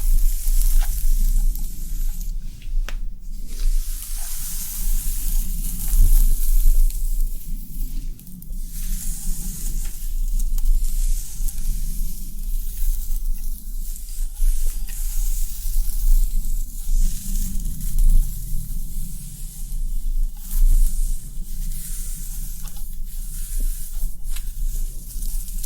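Dense scratching and rustling of hair being brushed and handled, with a bright crackly texture that runs continuously for the whole stretch. Sharper strokes stand out every few seconds over a soft low rumble underneath.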